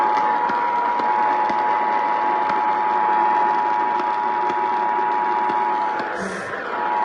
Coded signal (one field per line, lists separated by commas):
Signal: Emergency Alert System (SAME) tones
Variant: 853 and 960 Hz attention tone